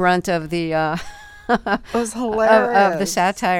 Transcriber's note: laughter